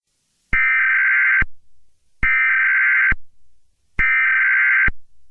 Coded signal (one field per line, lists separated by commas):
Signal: Emergency Alert System (SAME) tones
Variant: header bursts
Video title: EAS Mock 9/11 Tribute (old version)